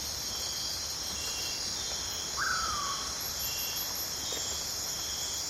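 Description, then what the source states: Insect chorus keeps up a constant shrill, layered hum while a single bird gives one clear whistle that jumps up and slides downward midway. Deep in the Amazon rainforest at night; constant, multi-layered, continuously changing piercing insect chorus.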